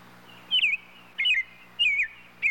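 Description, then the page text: Robin giving four brief, high twittering notes with rapid up-and-down inflections, roughly every half second to second, against a quiet steady hum. "Robin Bird Calls. Quick Sounds"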